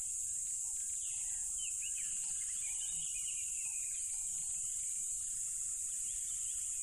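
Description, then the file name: Loud crickets form a constant high whine; a few bird whistles and sparse lower pulsing calls appear. Loud crickets beside a tropical river. "smartsound ATMO NATURE Tropical River Loud Crickets"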